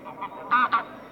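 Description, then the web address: Bean goose giving two loud nasal honks after a couple of softer ones, the calls short and close together. Noisy gathering of a flock of bean geese. "Гуменник базар"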